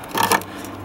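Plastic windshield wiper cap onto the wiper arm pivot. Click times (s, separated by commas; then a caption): 0.2 s, 0.3 s. A plastic windshield-wiper cap is pressed back onto the wiper arm pivot after the headlight wiring is routed. A short rubbing, scraping sound is followed by two sharp plastic clicks at 0.2 and 0.3 seconds as it snaps into place. The cap is seated.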